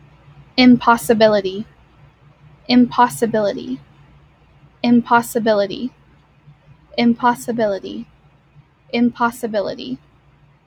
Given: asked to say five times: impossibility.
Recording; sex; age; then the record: repeated word; female; 18 to 19 years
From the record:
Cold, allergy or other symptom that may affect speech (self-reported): no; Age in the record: 19 years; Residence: California, United States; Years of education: 14